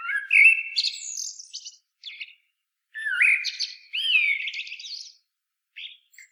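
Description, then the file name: Common blackbird, two fluty phrases with upward-sliding whistles, each trailing into high chattering squeaks, followed by a few faint notes. "Turdus merula"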